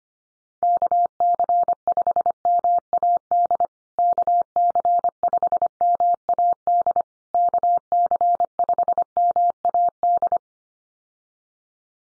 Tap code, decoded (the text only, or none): none